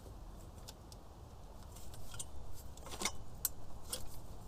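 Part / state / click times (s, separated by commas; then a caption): metal retaining clip onto fuel injector / seated / 3.4 s. A metal retaining clip is pushed onto the top of a fuel injector from a Chevy Impala, with its notch lined up to the clip. Soft handling clicks and rustles lead up to a sharp metallic snap at 3.4 s, confirming the clip has seated on the injector.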